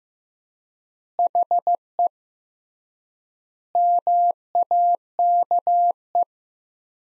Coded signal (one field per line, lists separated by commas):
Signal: Morse code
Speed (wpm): 15 wpm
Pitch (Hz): 700 Hz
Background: none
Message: HE MAKE